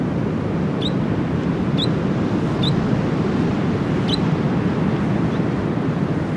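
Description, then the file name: New Zealand dotterel giving several high, clipped notes spaced about a second apart, partly masked by heavy low wind or surf noise. "nz dotterel song"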